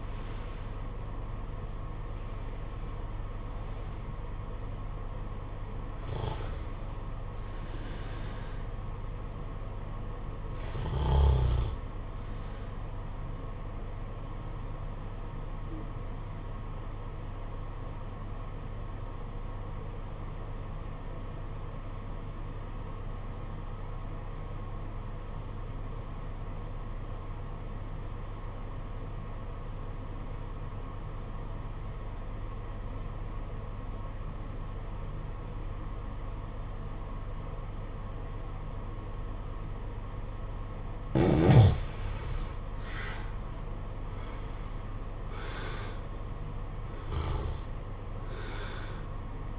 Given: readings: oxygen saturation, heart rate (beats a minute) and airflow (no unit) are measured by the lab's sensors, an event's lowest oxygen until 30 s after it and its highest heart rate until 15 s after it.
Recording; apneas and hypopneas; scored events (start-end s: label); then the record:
breathing in sleep by a smartphone at the bedside; 1
15.00-42.80 s: obstructive apnea (REM, oxygen 96% highest, then 76% lowest, heart rate 50 at the start, 72 highest)
From the record:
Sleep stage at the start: REM sleep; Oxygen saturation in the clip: 73 to 96%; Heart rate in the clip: 48 to 72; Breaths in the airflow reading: 6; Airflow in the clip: -13.1 to 14.2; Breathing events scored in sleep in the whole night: 476 in 9.7 hours asleep